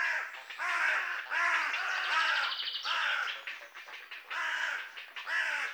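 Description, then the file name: Carrion Crow uttering a series of hoarse, grating caws, several in quick succession with brief pauses. "Corvus corone"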